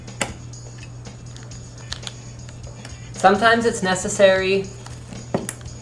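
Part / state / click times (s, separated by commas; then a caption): plastic push pin of a CPU cooler into a motherboard mounting hole / seated / 0.2 s. A plastic push pin on a CPU cooler's heatsink is pressed down into a motherboard mounting hole around the CPU socket, and a sharp click at 0.2 s shows it has seated. Quieter ticks follow, then someone talks, and a few more clicks sound near the end.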